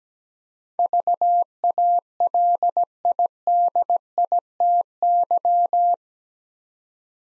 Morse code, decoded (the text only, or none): VALIDITY